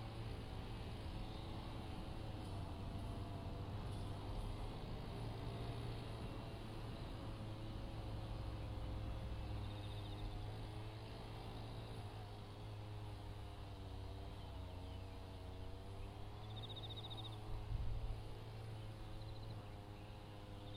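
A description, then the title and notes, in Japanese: A brush cutter drones steadily while trimming weeds in a sweet potato field, its engine pitch wavering slightly, with a brief chirp near seventeen seconds. 環境音 機械音あり サツマイモ畑の草刈り。サツマイモの畝間を行ったり来たり、ひたすら草刈り機で草刈りです。ひたすら相手を探す秋虫たちの鳴き声。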